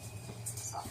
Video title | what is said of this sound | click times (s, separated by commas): ESOW Premium Magnetic Screen Door -Tough and Compact Mesh, Size 34x 82 Inches | can see sometimes doesn't click close in that particular | none